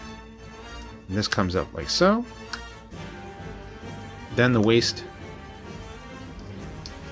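A plastic action figure is transformed, and its waist section is rotated until it snaps into its locked position. Someone talks over faint background music, and a short sharp click at 6.9 s marks the waist seating in place.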